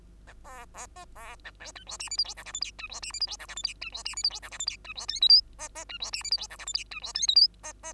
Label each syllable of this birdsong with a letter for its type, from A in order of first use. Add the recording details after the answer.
A B B C B A D E F G H I J K L M N E F G H I J K L M N E F G H I J K L M N E F O P Q C C E F G H I J K L M N E F O P Q C C. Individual Bird2